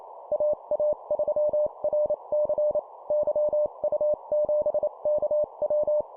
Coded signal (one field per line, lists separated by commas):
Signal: Morse code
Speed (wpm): 28 wpm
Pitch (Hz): 600 Hz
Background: none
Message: AA3RC YU7KW